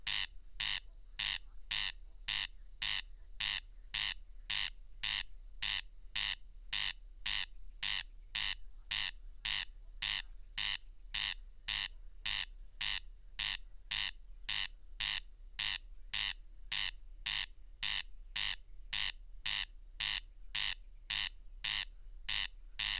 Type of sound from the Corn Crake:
song